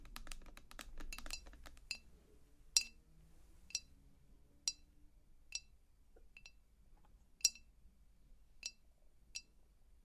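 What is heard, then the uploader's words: Tapping on a face or surface, starting with a quick cluster of sharp, bright taps in the first two seconds. After that the taps slow to single crisp clicks roughly once a second, with quiet gaps between them. A low, soft rumble runs underneath throughout. ASMR Your Face is Plastic, Mine is Glass - Face Touching & Tapping Triggers.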